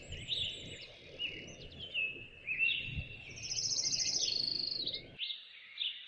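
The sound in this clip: Birds singing whistled phrases, then a long rapid high trill, over low background noise that cuts off abruptly near the end.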